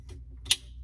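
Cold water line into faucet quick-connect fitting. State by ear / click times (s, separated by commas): seated / 0.5 s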